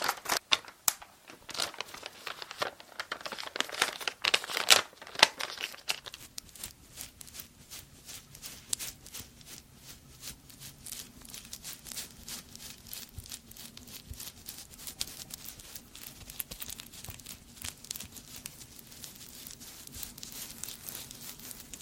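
Layered tapping and hair brushing. The first five seconds are denser and louder, with bright bristly brushing strokes and sharp taps. After that a steady stream of quick, crisp ticks and scratches continues with a low hum underneath.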